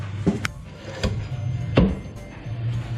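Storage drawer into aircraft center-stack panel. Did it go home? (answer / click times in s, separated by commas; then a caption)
yes / 0.4 s. A homemade storage drawer is pushed closed into the center-stack panel of a RANS S-21 aircraft and latches home with a sharp click at 0.5 s. Two softer knocks follow at about 1.0 s and 1.8 s over a low background hum with music. The drawer is seated and clicked shut.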